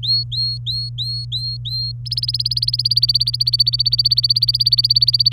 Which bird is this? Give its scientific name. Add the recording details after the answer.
Serinus canaria. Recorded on 24 April 2018 at 13:12. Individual llb3